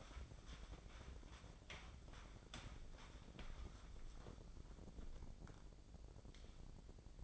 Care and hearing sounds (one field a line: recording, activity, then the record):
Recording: daily activity, microphone in the room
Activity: wipe stove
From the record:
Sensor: 5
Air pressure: 1012.4 hPa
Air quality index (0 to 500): 154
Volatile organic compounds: 2 ppm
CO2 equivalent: 1050 ppm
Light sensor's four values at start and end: 173/412/177/203 and 171/407/175/200